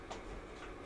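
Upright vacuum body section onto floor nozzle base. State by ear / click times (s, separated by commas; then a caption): not seated / none. A plastic body section of a Shark NV356E Navigator Pro upright vacuum with Lift-Away is lined up by its small holes and pushed onto the floor nozzle base. Only low, steady handling noise is heard, with brief soft rustles near 0.1 s and 0.6 s. Nothing has snapped or seated yet.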